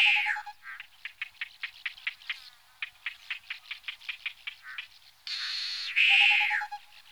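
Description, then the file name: Tropical boubou calls: a low whistle, then a long steady series of quick clicking notes, ending in a harsh rasping churr and another low whistle. "gonolec ventre blanc"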